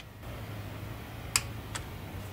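A click-type torque wrench tightens the metal fuel injector rail bolts into the engine to 89 inch-pounds. Over a low steady hum, a single sharp click rings out at 1.4 s as the wrench breaks over at its setting, followed by a fainter tick near 1.8 s.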